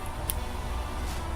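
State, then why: Seated. Two monitor cable wires on the cross member of a TRU GRIT Grit Runner treadmill are pushed together by hand until the plastic connector snaps home. A single sharp click is heard at 0.3 s over a steady low hum. The connector is seated.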